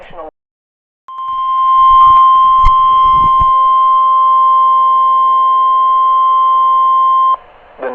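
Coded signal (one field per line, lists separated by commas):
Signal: Emergency Alert System (SAME) tones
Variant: 1050 Hz attention tone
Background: speech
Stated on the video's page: Alerts from severe weather storms; NOAA weather radio.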